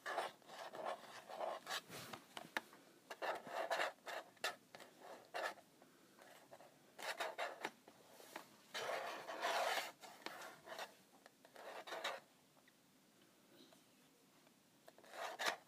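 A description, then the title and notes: Someone is scratching a calculator in dry, raspy strokes that come in uneven bursts, some quick and clustered, others drawn out, with short gaps of silence between them. The scraping is bright and gritty and sounds like filing or rubbing. ASMR Scratching my Calculator.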